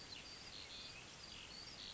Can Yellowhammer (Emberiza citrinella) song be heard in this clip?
no